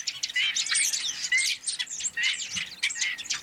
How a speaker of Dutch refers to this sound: Zullen we die spreeuwenzwerm even laten horen